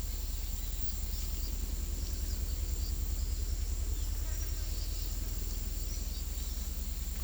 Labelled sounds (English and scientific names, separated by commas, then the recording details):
none
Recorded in secondary vegetation near Puerto Asís, Putumayo, Colombia, on 19 February 2024 at 15:00
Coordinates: 0.500, -76.326
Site G6428